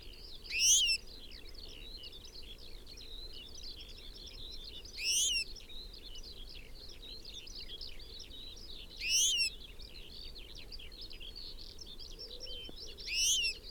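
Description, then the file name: European goldfinch repeating a short, harmonic-rich call roughly every four seconds, four times in all, against a constant twittering background. "Carduelis carduelis"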